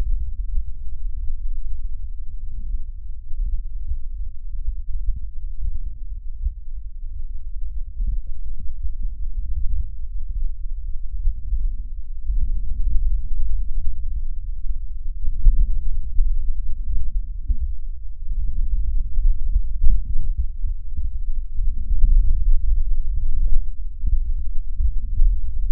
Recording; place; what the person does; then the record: lung sounds by stethoscope; left posterior apical chest; quiet breathing, then deep breathing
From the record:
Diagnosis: COPD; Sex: female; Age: 80 years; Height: 160 cm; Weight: 62 kg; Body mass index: 24.2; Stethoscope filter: bell mode